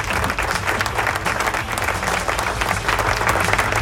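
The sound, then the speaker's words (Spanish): Steady applause from a crowd, dense rapid clapping that stays loud and even for the full few seconds, with no voices standing out. “Hay que reírse. ¡Aplauso!”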